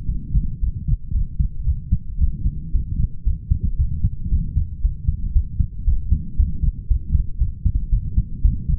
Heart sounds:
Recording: heart sounds by stethoscope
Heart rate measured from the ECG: 115 bpm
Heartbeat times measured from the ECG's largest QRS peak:
0.08 s: heartbeat
0.61 s: heartbeat
1.13 s: heartbeat
1.65 s: heartbeat
2.19 s: heartbeat
2.73 s: heartbeat
3.25 s: heartbeat
3.77 s: heartbeat
4.30 s: heartbeat
4.82 s: heartbeat
5.34 s: heartbeat
5.85 s: heartbeat
6.37 s: heartbeat
6.88 s: heartbeat
7.39 s: heartbeat
7.91 s: heartbeat
8.43 s: heartbeat
From the record:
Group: healthy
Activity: light exercise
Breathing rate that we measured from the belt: 31 breaths a minute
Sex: male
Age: 22 years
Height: 181 cm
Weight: 60 kg

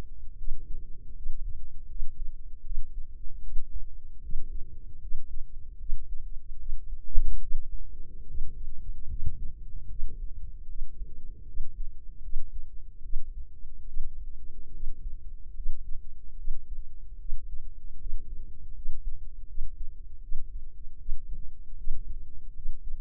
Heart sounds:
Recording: heart sounds by microphone in the left ear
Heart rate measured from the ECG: 76 bpm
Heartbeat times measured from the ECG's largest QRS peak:
0.35 s: heartbeat
1.12 s: heartbeat
1.86 s: heartbeat
2.61 s: heartbeat
3.39 s: heartbeat
4.19 s: heartbeat
4.98 s: heartbeat
5.76 s: heartbeat
6.55 s: heartbeat
7.38 s: heartbeat
8.24 s: heartbeat
9.06 s: heartbeat
9.86 s: heartbeat
10.64 s: heartbeat
11.43 s: heartbeat
12.19 s: heartbeat
13.00 s: heartbeat
13.83 s: heartbeat
14.70 s: heartbeat
15.52 s: heartbeat
16.34 s: heartbeat
17.16 s: heartbeat
17.96 s: heartbeat
18.71 s: heartbeat
19.44 s: heartbeat
20.19 s: heartbeat
20.95 s: heartbeat
21.74 s: heartbeat
22.51 s: heartbeat
From the record:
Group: healthy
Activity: rest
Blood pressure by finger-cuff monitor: 108/72 mmHg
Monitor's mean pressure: 82 mmHg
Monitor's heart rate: 76 bpm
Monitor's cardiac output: 5.6 L/min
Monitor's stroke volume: 75 mL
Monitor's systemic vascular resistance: 1040 dyn s/cm5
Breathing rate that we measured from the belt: 17 breaths a minute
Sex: female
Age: 23 years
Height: 160 cm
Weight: 50.4 kg

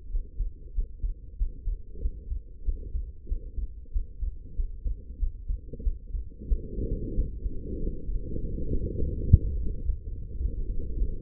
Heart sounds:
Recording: heart sounds by stethoscope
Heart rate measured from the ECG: 97 bpm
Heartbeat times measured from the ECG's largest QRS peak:
0.10 s: heartbeat
0.74 s: heartbeat
1.37 s: heartbeat
2.00 s: heartbeat
2.64 s: heartbeat
3.27 s: heartbeat
3.91 s: heartbeat
4.55 s: heartbeat
5.18 s: heartbeat
5.83 s: heartbeat
6.48 s: heartbeat
7.14 s: heartbeat
7.79 s: heartbeat
8.40 s: heartbeat
8.97 s: heartbeat
9.54 s: heartbeat
10.09 s: heartbeat
10.66 s: heartbeat
From the record:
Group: healthy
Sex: female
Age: 19 years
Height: 163 cm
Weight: 51 kg

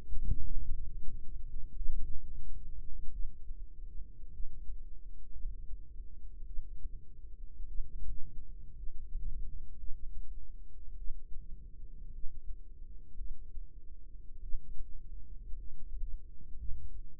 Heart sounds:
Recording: heart sounds by microphone in the right ear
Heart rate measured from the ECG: 54 bpm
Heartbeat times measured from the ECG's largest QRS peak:
0.93 s: heartbeat
2.02 s: heartbeat
3.11 s: heartbeat
4.31 s: heartbeat
5.31 s: heartbeat
6.45 s: heartbeat
7.66 s: heartbeat
8.74 s: heartbeat
9.77 s: heartbeat
10.96 s: heartbeat
12.11 s: heartbeat
13.17 s: heartbeat
14.40 s: heartbeat
15.55 s: heartbeat
16.56 s: heartbeat
From the record:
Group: healthy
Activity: rest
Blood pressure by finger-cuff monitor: 93/58 mmHg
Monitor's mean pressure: 69 mmHg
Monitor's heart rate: 53 bpm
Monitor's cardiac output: 4.3 L/min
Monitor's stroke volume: 79 mL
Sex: female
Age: 36 years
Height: 163 cm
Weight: 88 kg

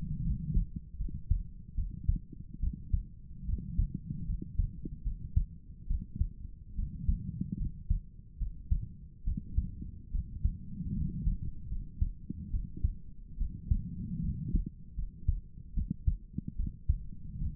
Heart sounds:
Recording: heart sounds by stethoscope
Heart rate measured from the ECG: 73 bpm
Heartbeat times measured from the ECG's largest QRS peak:
0.24 s: heartbeat
0.98 s: heartbeat
1.76 s: heartbeat
2.61 s: heartbeat
3.46 s: heartbeat
4.27 s: heartbeat
5.04 s: heartbeat
5.88 s: heartbeat
6.76 s: heartbeat
7.59 s: heartbeat
8.39 s: heartbeat
9.25 s: heartbeat
10.12 s: heartbeat
10.95 s: heartbeat
11.70 s: heartbeat
12.51 s: heartbeat
13.38 s: heartbeat
14.22 s: heartbeat
14.96 s: heartbeat
15.75 s: heartbeat
16.57 s: heartbeat
17.39 s: heartbeat
From the record:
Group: healthy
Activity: rest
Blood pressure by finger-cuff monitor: 122/58 mmHg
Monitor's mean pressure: 78 mmHg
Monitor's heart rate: 73 bpm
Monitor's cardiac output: 7.6 L/min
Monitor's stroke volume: 102 mL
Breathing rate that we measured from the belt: 17 breaths a minute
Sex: female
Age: 22 years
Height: 160 cm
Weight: 63 kg

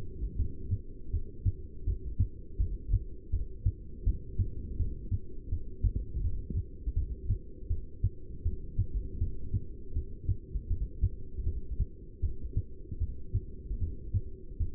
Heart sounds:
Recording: heart sounds by stethoscope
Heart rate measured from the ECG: 80 bpm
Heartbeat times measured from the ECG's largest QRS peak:
0.37 s: heartbeat
1.12 s: heartbeat
1.85 s: heartbeat
2.58 s: heartbeat
3.31 s: heartbeat
4.05 s: heartbeat
4.78 s: heartbeat
5.50 s: heartbeat
6.22 s: heartbeat
6.95 s: heartbeat
7.69 s: heartbeat
8.44 s: heartbeat
9.19 s: heartbeat
9.94 s: heartbeat
10.69 s: heartbeat
11.45 s: heartbeat
12.21 s: heartbeat
12.99 s: heartbeat
13.79 s: heartbeat
14.58 s: heartbeat
From the record:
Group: heart failure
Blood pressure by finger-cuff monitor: 158/112 mmHg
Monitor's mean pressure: 128 mmHg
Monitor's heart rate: 81 bpm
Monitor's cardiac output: 7.3 L/min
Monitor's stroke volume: 89 mL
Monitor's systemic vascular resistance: 1320 dyn s/cm5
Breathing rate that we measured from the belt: 13 breaths a minute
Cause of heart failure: non-ischemic cardiomyopathy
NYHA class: 1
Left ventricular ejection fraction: 62%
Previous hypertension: present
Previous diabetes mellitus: present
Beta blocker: bisoprolol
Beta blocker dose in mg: 10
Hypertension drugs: sacubitril-valsartan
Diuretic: furosemide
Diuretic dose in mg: 20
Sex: male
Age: 49 years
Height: 167 cm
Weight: 110 kg

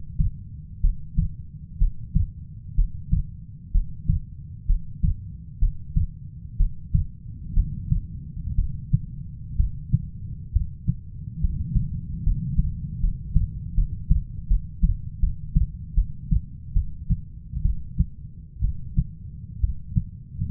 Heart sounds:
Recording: heart sounds by stethoscope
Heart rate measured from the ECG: 67 bpm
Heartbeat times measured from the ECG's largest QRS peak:
0.81 s: heartbeat
1.78 s: heartbeat
2.75 s: heartbeat
3.72 s: heartbeat
4.66 s: heartbeat
5.59 s: heartbeat
6.57 s: heartbeat
7.54 s: heartbeat
8.55 s: heartbeat
9.56 s: heartbeat
10.52 s: heartbeat
11.41 s: heartbeat
12.23 s: heartbeat
13.00 s: heartbeat
13.75 s: heartbeat
14.48 s: heartbeat
15.20 s: heartbeat
15.95 s: heartbeat
16.73 s: heartbeat
17.62 s: heartbeat
18.61 s: heartbeat
19.60 s: heartbeat
From the record:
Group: healthy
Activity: breath hold 0-4 s, rest 4-21 s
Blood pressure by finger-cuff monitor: 132/64 mmHg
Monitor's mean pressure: 83 mmHg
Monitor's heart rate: 62 bpm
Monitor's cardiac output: 5.7 L/min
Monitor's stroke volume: 92 mL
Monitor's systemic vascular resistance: 1070 dyn s/cm5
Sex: female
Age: 37 years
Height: 168 cm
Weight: 70 kg

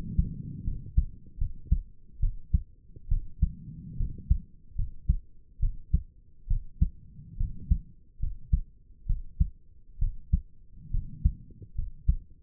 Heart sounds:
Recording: heart sounds by stethoscope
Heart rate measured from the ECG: 70 bpm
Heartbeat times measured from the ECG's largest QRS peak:
0.64 s: heartbeat
1.38 s: heartbeat
2.19 s: heartbeat
3.08 s: heartbeat
3.97 s: heartbeat
4.75 s: heartbeat
5.59 s: heartbeat
6.47 s: heartbeat
7.37 s: heartbeat
8.19 s: heartbeat
9.06 s: heartbeat
9.98 s: heartbeat
10.90 s: heartbeat
11.75 s: heartbeat
From the record:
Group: healthy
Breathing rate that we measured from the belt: 17 breaths a minute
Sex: female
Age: 22 years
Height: 154 cm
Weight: 58.7 kg

